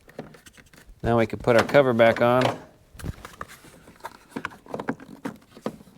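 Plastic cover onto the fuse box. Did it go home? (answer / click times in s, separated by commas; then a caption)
yes / 4.4 s, 4.9 s. A plastic fuse box cover on a Nissan Versa is put back on after an intermittent headlight fix and pressed down until its latches click. Someone talks briefly near the start, then soft handling taps lead to sharp plastic clicks at 4.5 s and 4.9 s. The cover is seated shut.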